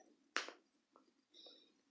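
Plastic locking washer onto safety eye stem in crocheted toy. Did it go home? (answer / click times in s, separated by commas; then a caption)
partly / 0.4 s. A plastic locking washer is pushed onto the stem of the second safety eye, on the other side of a crocheted toy. It gives a sharp click at 0.4 s, then a faint tick at about 1.0 s, and a soft rustle follows. The washer is not yet fully seated and still needs a little more pushing.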